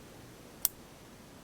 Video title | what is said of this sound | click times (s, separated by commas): S&W 3RD GENERATION REASSEMBLY (SLIDE) VIDEO #3 OF 4 | and you'll hear a snap | 0.7 s